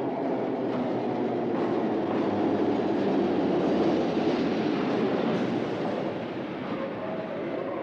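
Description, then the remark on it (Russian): A metro train rolls into a sparsely crowded platform at Park Kultury metro station with a steady, loud rumble and clatter of wheels, a broad roar that holds throughout and eases slightly near the end, with no voices. “Станция метро «Парк культуры». К малолюдной платформе прибывает поезд.”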